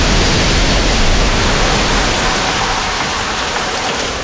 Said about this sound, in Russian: Вода накрывает спасателей и с головой сбивает с ног. Но трос помогает удержаться у стены. Мощный поток выбрасывает людей из шахты в бункер.